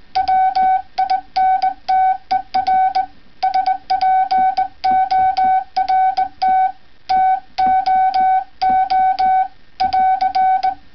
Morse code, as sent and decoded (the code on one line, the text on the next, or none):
.-- .. -. - . .-. / ... .--. --- .-. - / - --- --- / .-.-.
WINTER SPORT TOO <AR>